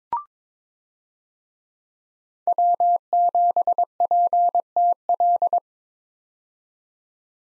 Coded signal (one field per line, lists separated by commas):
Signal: Morse code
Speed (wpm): 22 wpm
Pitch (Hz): 700 Hz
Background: none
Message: W7PTL